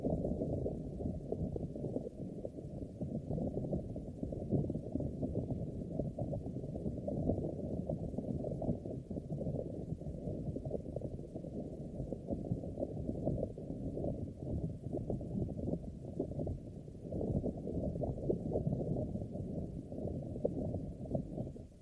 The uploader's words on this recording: ASMR THE ULTIMATE MIC TRIGGER TEST on NEW Blue Yeti Pro (mic brushing, mic scratching, no talking). Mic Scratching on Foam Mic Cover.